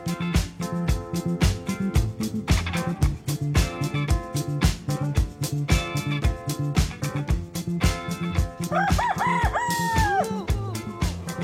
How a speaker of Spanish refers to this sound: Ahí está el gallo, ya lo escuchó usted, pero lo tomás grabado, lo tenemos en vivo